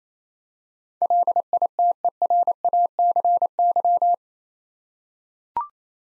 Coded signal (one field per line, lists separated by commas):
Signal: Morse code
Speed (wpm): 28 wpm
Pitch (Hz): 700 Hz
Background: none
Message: LITERACY